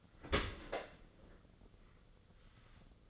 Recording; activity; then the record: daily activity, microphone in the room; open dishwasher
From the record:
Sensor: 4